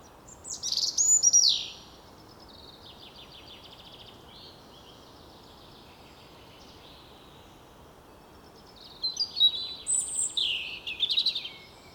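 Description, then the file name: European robin song: a high, warbled phrase with downslurred notes, a long silence, then a second more jumbled, sparkling phrase over soft hiss. "Erithacus rubecula"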